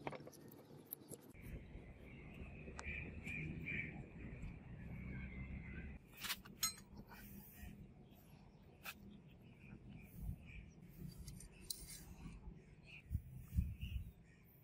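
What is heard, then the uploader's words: Workshop sounds from forging a blade out of old chain. For about six seconds a steady low roar runs under a thin whine, then it cuts out, leaving scattered sharp clinks, taps and scraping noises at irregular intervals until the end. Forging a KATANA out of Rusted Iron CHAIN.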